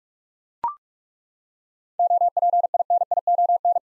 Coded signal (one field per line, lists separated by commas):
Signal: Morse code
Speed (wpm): 42 wpm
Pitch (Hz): 700 Hz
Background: none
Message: OPINION